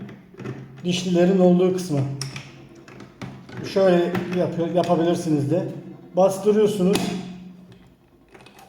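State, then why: Not seated. Someone talks while pushing the geared kneading arm of a Karaca dough kneading machine into its housing in the mixer head, with short knocks around 2.4 s, 2.9 s and 3.2 s. The arm fails to seat because it does not sit fully in place, so nothing has seated or clicked yet.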